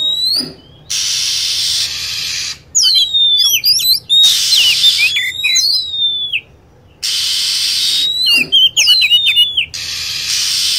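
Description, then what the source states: Lovebird calls: shrill, sharp chirps sweeping down in pitch, alternating with stretches of dense, hissing high chatter that start and stop abruptly. Lure sound used to attract lovebirds.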